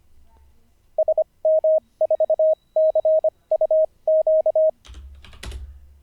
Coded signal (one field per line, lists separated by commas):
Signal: Morse code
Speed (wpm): 25 wpm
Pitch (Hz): 630 Hz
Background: none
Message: SM4CUQ